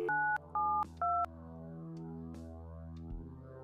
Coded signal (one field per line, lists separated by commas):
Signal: DTMF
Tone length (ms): 300 ms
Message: 972